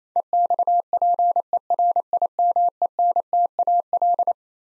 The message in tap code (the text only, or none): none